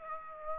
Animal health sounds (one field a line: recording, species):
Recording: mosquito wingbeat signal from an infrared sensor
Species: Aedes aegypti